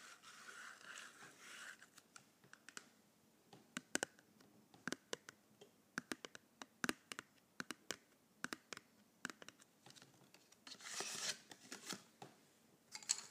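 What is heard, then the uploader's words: Colored pencils are handled and tapped in quick, uneven clicks, with bursts of bright scratching near the start and around eleven seconds. ASMR Colored Pencils.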